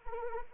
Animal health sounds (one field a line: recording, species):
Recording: mosquito wingbeat signal from an infrared sensor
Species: Anopheles arabiensis